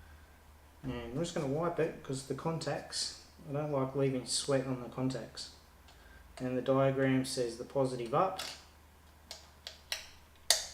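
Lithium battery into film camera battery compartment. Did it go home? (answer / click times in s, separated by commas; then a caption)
yes / 10.5 s. Someone talks while wiping a lithium battery's contacts, then places it positive side up into the battery compartment of a Canon F-1 film camera and presses it home. A few light ticks at about 9.3, 9.7 and 9.9 seconds lead to a loud, sharp click at 10.5 seconds as the battery seats in place.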